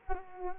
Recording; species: mosquito wingbeat signal from an infrared sensor; Culex quinquefasciatus